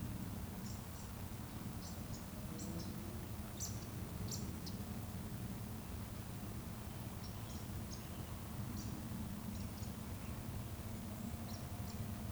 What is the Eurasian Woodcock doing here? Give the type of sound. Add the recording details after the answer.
chase call. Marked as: chase, chase. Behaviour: display flight. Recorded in Baden-Württemberg, Germany, on 25 June 2020 at 19:55 UTC. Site 14569, 102 m above sea level